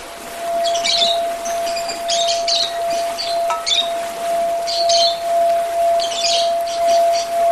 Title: Kicau Kacer